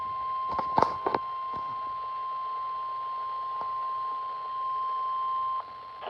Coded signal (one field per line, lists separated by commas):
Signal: Emergency Alert System (SAME) tones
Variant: 1050 Hz attention tone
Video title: Slight risk threat from 7/8/26 EAS Compliation#6 EAS#139-146 of 2026 #noaaweatherradio